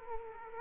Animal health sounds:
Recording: mosquito wingbeat signal from an infrared sensor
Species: Aedes aegypti

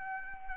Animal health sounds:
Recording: mosquito wingbeat signal from an infrared sensor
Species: Anopheles gambiae

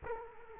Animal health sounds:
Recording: mosquito wingbeat signal from an infrared sensor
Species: Culex quinquefasciatus

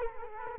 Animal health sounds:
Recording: mosquito wingbeat signal from an infrared sensor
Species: Culex quinquefasciatus

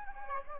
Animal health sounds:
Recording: mosquito wingbeat signal from an infrared sensor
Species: Anopheles gambiae

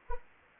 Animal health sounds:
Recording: mosquito wingbeat signal from an infrared sensor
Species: Anopheles arabiensis

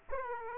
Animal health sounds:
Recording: mosquito wingbeat signal from an infrared sensor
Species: Aedes aegypti

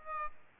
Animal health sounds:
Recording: mosquito wingbeat signal from an infrared sensor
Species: Aedes aegypti

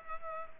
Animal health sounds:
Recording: mosquito wingbeat signal from an infrared sensor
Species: Culex pipiens

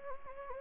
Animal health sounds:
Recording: mosquito wingbeat signal from an infrared sensor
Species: Anopheles gambiae

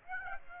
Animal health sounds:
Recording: mosquito wingbeat signal from an infrared sensor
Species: Aedes aegypti

